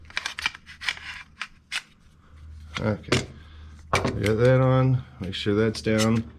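A plastic/metal battery cover piece is handled on a Sig MCX AEG airsoft rifle body after the battery has been connected, with sharp short taps and rattles early on around 0.2 to 0.5 s, 0.9 s and 1.4 s. Someone talks throughout. The cover is not yet slid down into place; nothing has seated or clicked yet.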